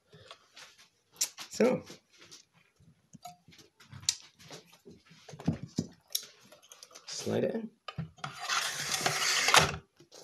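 Someone talks while handling a silverfish-style lithium battery pack, sliding it onto its rail mounting plate on a folding e-bike, with scattered sharp taps and clicks of handling. A longer scraping, sliding sound follows near the end. Nothing has seated or clicked into place yet.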